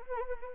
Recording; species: mosquito wingbeat signal from an infrared sensor; Anopheles gambiae